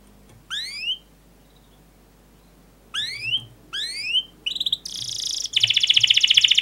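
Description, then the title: Canary song: a few rising whistled sweeps in short bursts with pauses, then a fast buzzy trill and a rapid repeated chattering roll at the end. Lively, fast, dense canary song used to prompt young canaries to learn to sing. "Kenari Gacor Speed RAPAT Cuit Cuit Ngero L Suara Bagus Untuk Pancingan Kenari Paud Belajar Bunyi"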